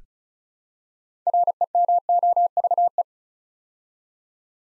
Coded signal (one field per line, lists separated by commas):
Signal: Morse code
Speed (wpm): 36 wpm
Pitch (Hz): 700 Hz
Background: none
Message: REMOVE